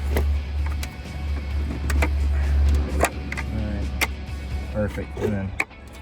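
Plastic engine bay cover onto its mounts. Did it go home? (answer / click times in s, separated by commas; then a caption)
no / none. A plastic engine bay cover on a 2011-2017 Ford Mustang GT is worked back under the lines in the engine bay and pressed down toward its mounts, producing scattered plastic knocks and rustling handling sounds while someone talks. The clip ends just before the cover goes home, so nothing has seated or snapped into place yet.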